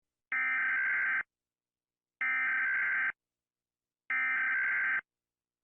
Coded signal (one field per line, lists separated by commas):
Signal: Emergency Alert System (SAME) tones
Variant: header bursts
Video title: HellBreaker’s Rampage (EAS)